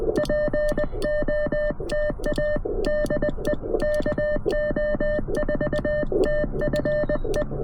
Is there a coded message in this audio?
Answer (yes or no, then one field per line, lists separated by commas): yes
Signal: Morse code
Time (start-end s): 0.2-7.4 s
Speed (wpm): 20 wpm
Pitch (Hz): 590 Hz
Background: music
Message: POTA DE KO4TFE